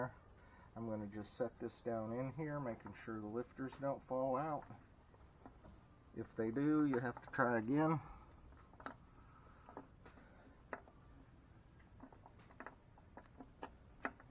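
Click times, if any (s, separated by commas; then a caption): none. A metal lifter block with the lifters inside is lowered into its bore in the crankcase of a Harley Davidson Evolution engine while someone talks. After the talking stops, a series of small, sharp taps and knocks follows as the block is worked down. Nothing has seated yet, and the clip ends before the block goes home.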